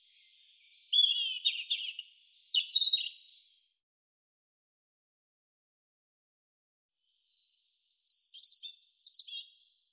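European robin sings two separate phrases of thin, tinkling whistles and fast twitters, about four seconds of quiet between them.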